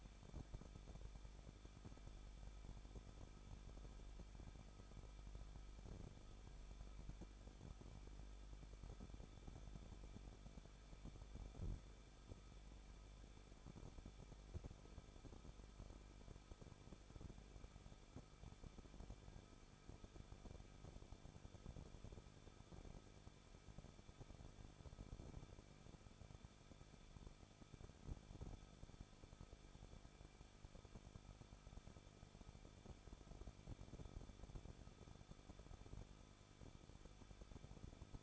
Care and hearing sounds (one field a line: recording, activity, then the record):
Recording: daily activity, microphone in the room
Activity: no activity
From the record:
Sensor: 5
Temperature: 20.9 degrees Celsius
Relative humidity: 38.3%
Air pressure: 1006.4 hPa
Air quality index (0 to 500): 188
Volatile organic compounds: 19 ppm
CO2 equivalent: 2642 ppm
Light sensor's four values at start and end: 2/3/1/1 and 2/3/1/1